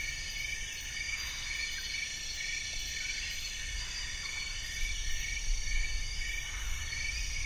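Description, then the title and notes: Insect chorus buzzing steadily in bright high bands, while a deep rumble like thunder swells beneath. Deafening insect chorus at dusk, Mohoba forest, Congo Basin Rainforest; distant thunderstorm rumbling; recorded with DPA 4061 microphones, Sound Devices MixPre D, Sony PCM M10. "Dusk falls in Mohoba forest as a distant thunderstorm rumbles. The insect chorus is deafening."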